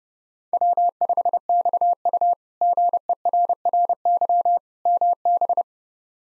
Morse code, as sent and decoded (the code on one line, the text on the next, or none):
.-- ..... -..- ..- / --. . .-. .-. -.-- / -- -...
W5XU GERRY MB